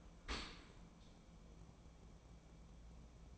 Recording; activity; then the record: daily activity, microphone in the room; open dishwasher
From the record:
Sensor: 1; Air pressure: 1012.4 hPa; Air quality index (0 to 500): 170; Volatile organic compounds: 3 ppm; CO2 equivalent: 1391 ppm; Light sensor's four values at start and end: 355/800/358/393 and 354/798/357/392